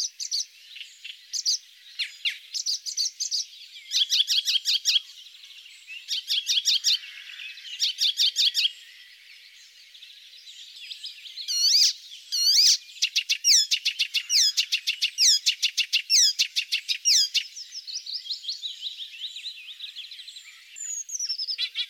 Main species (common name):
Icterine Warbler